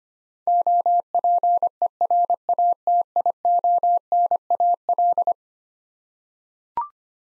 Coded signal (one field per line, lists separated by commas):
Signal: Morse code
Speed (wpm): 25 wpm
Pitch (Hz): 700 Hz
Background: none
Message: OPERATIONAL